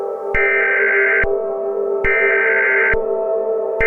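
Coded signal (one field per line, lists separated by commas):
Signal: Emergency Alert System (SAME) tones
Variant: header bursts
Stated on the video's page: Fictional EAS scenario imagining a Yellowstone eruption.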